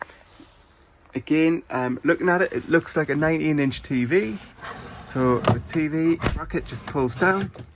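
Someone talks while a drop-down TV bracket for a 19-inch TV, fitted in the ceiling mount of an Autoroller Pegaso 745 motorhome, is handled and pulled down. The clip ends before the bracket locks into place, so nothing has seated or clicked yet.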